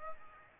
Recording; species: mosquito wingbeat signal from an infrared sensor; Aedes aegypti